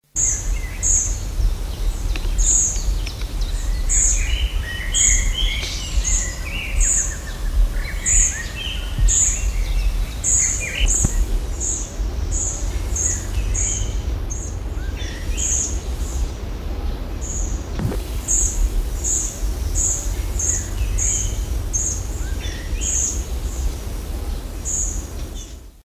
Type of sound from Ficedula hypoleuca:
call